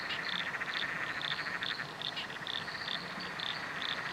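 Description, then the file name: Frogs calling in chorus, a steady pulsed trill underneath short higher chirps repeated rapidly. Several frogs calling in chorus at night under a bridge, Royal National Park. "nocturnal frog chorus under a bridge royal national park"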